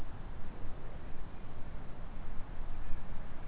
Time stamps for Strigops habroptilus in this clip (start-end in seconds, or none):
none